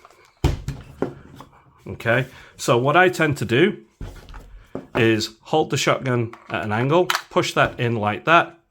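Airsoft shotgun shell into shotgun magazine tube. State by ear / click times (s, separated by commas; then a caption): not seated / none. A plastic shell is pushed into the magazine tube of a 2025 EMG KSG12 airsoft shotgun, held at an angle while reloading, as someone talks throughout. Short handling knocks are heard near 0.5 s and 1.0 s. The shell has not clicked or seated yet by the end.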